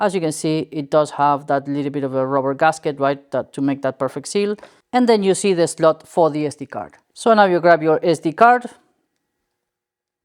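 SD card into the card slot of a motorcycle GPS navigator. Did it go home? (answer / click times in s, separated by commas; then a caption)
no / none. Someone talks while handling the SD card for a RiderNav R7M/R7X motorcycle GPS navigator, after the cover with its rubber gasket has been pulled off to expose the recessed card slot. Only speech is heard, with pauses and no distinct mechanical sounds. Nothing has seated or clicked yet, as the microSD card has not been pushed into the slot.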